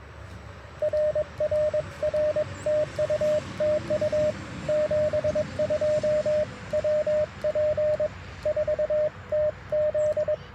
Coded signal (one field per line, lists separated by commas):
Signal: Morse code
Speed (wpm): 22 wpm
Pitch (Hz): 610 Hz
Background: radio noise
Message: RRR TU TU 72 WP4TZ